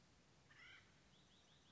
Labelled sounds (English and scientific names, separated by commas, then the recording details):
Acorn Woodpecker (Melanerpes formicivorus)
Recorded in Sonoma County, California